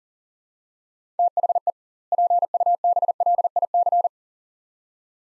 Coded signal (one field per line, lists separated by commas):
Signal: Morse code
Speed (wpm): 40 wpm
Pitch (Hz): 700 Hz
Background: none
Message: THE PUBLIC